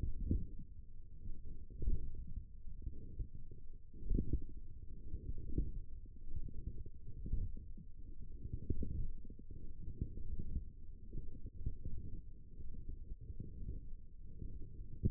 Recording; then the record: forearm muscle sounds (acoustic myography)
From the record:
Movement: wrist flexion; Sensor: system 1, eight BSWA MPA416 microphones around the upper forearm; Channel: 3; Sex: female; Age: 20 years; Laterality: right